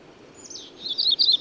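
Bird song: a slurred high whistle sliding down, followed by a few quick high notes.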